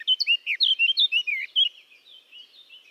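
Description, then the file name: Eurasian blackcap song, a quick phrase of rich whistled notes followed by quieter scratchy warbling. "Sylvia atricapilla"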